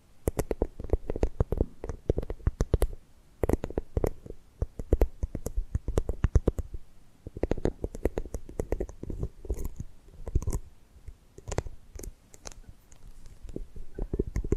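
Rapid tapping and gripping sounds fill the whole recording, a dense stream of sharp clicks and knocks with a soft, thumpy low body. The pace is irregular, coming in busy bursts separated by brief lulls, with a few brighter snaps around the midpoint.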